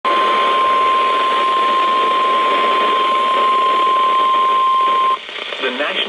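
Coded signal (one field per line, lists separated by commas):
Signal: Emergency Alert System (SAME) tones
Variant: 1050 Hz attention tone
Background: speech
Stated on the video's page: NOAA weather radio double flood warning from the National Weather Service.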